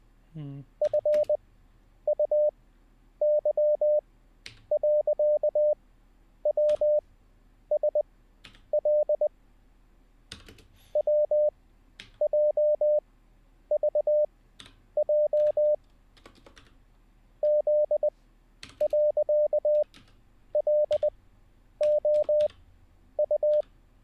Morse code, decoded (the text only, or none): FUY.WSL WJVJ Z.LOU